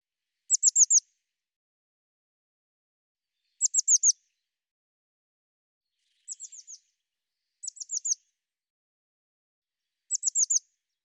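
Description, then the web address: Bird singing five short, high phrases of four fast down-slurred notes at irregular intervals; one phrase softer than the rest. "cianscape birddata Deverinetal 2025 File cleaned normalized Bird Cy Ca"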